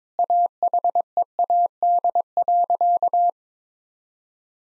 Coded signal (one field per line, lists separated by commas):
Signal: Morse code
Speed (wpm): 22 wpm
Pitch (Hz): 700 Hz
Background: none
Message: AHEAD.